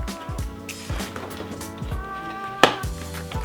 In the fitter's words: That clicks into place, very easy.